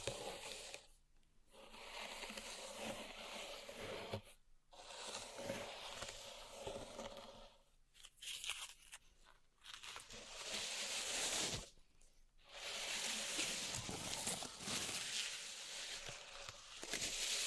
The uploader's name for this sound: Pink Salt Zen Garden Triggers